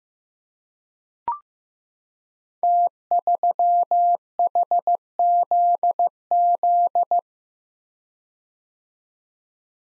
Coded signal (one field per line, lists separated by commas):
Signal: Morse code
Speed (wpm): 15 wpm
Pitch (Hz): 700 Hz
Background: none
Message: T3HZZ